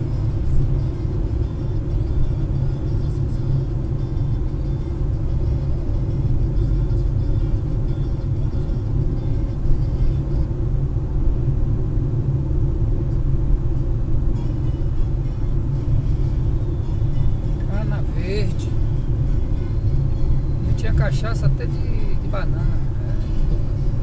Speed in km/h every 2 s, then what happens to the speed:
95, 95, 94, 93, 95, 96, 96, 95, 94, 93, 92, 90.
0-24 steady at about 94.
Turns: none.